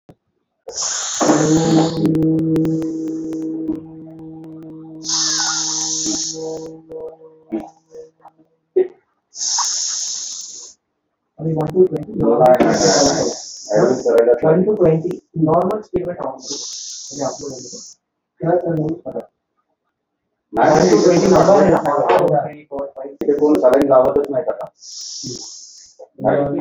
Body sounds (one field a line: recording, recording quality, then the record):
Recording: deep breathing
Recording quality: excellent, no background noise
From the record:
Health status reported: exposed to COVID-19, no respiratory illness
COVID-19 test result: not tested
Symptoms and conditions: none ticked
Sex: male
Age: 32 years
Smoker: not ticked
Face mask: not worn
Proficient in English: yes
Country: India